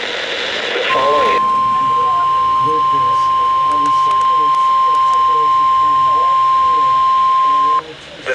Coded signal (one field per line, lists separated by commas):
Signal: Emergency Alert System (SAME) tones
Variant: 1050 Hz attention tone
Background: speech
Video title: Spring Foolery | EAS Alerts From 3/31-4/2/2024 (EAS #2,443-2,469)